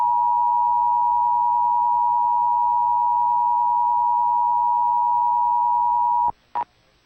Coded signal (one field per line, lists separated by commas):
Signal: Emergency Alert System (SAME) tones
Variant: 853 and 960 Hz attention tone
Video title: EAS #46 Pt. 2 - Nov 2023 Required Monthly Test